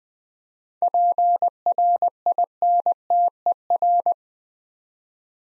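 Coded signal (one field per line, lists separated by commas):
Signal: Morse code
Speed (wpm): 20 wpm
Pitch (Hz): 700 Hz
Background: none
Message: PRINTER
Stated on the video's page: Morse code practice set at 20 wpm of easy words with contextual hints.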